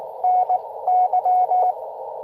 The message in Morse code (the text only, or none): NY